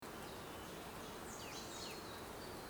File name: Poecile Palustris Call